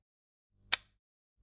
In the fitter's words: I would insert it and that's it you have heard the click